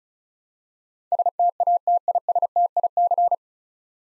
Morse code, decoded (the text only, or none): STATISTIC